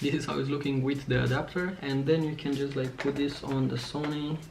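Someone talks while handling a vintage metal lens on its adapter, about to twist it onto the bayonet mount of a Sony mirrorless camera body until the lock pin clicks. Nothing has seated or clicked yet by the end of the clip.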